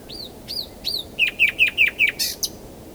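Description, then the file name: Common nightingale song: three whistled upslurred notes, then a quick run of five sharp repeated chirps, ending in a harsh buzzy burst and a final click. "Luscinia megarhynchos"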